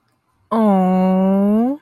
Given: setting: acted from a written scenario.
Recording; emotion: vocal sound without words; adoration